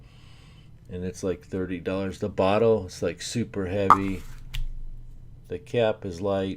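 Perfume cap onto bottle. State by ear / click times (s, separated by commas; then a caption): not seated / none. Someone talks while handling a light cap and a super heavy $30 perfume bottle, getting ready to put the cap back on. A brief sharp tick is heard at about 4.6 seconds. Nothing has seated or clicked into place yet.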